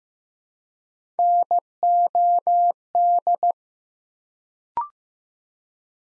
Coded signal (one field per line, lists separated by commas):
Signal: Morse code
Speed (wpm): 15 wpm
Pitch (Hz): 700 Hz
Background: none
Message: NOD